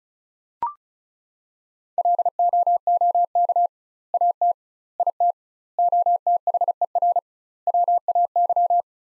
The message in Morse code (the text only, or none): LOOK AT IT OTHER WAY